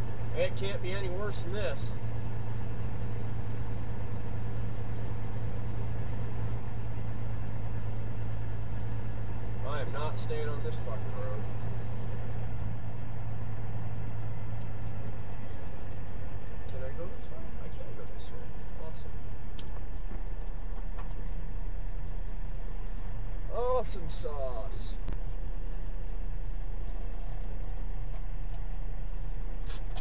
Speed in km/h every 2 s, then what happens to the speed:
53, 53, 53, 53, 55, 55, 55, 50, 44, 34, 26, 23, 18, 11, 10.
0-12 steady at about 53. 12-30 slows to 10.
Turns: 19-25.